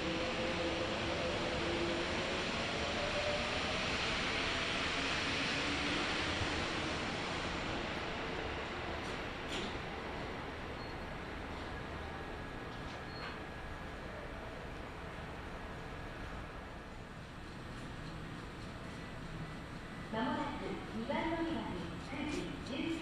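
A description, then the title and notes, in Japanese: A Kintetsu Nagoya Line local train rides between stations, a steady low rumble and rush of wheels on rails throughout. The sound is loudest and brightest early, easing slightly mid-clip. Occasional clicks and rattles appear, and near twenty seconds a voice announcement begins. 近鉄名古屋線各駅停車 川越富洲原→塩浜。車内はほぼガラガラです。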